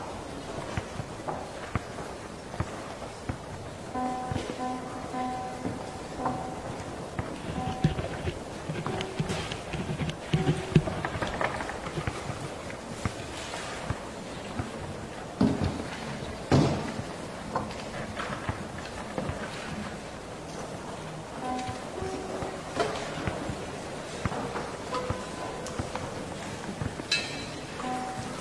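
A classroom after school, filled with a continuous jumble of voices, footsteps and small knocks. Clear, sustained tones ring out around four to six seconds and again near twenty-two seconds, while sharper thumps and clatters break through at about ten, fifteen and seventeen seconds.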